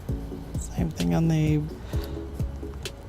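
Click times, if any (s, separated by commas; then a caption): 2.9 s. On a 2008 Nissan Rogue trailer wiring installation, the second side of a trailer wiring T-connector is plugged into the other plastic vehicle harness connector while someone talks over background music. A sharp click at 2.9 s confirms the connector is seated.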